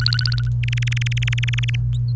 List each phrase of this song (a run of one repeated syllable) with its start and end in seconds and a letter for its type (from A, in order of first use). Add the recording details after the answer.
0.00-0.42 A, 0.63-1.76 B. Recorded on 28 April 2018 at 06:00. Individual llb3